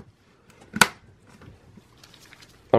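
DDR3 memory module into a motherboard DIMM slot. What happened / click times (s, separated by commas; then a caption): Memory module latches clicked in / 0.8 s, 2.7 s. A DDR3 memory stick is pressed into a DIMM slot on a Lenovo ThinkCentre M72e desktop motherboard, and its retention latches give two sharp clicks, one from each latch, at 0.8 s and 2.7 s. Faint rustling fills the quiet between them. The module is seated.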